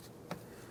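A plastic wiring harness retaining clip is pushed back into its hole in the inner door panel of a 2007–2015 Mazda CX-9 during a window regulator and motor replacement. A short, sharp snap sounds at 0.3 s over a steady low background hum, and the clip is seated.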